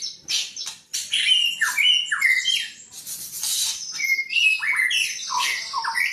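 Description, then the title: White-rumped shama song: varied loud phrases mixing harsh high bursts with slurred descending whistles. "murai batu"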